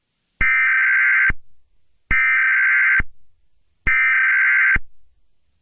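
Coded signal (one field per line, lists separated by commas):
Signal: Emergency Alert System (SAME) tones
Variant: header bursts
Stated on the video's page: Fictional EAS scenario; simulated, not a real alert.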